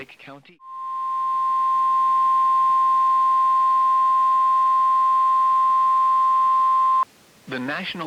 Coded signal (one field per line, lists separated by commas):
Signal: Emergency Alert System (SAME) tones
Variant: 1050 Hz attention tone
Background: speech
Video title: 13 Emergency Alert System captures from February 27th, 2024 (TOR x8! SVR x4, SMW x1)